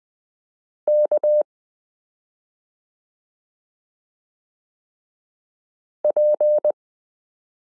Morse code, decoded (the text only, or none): K P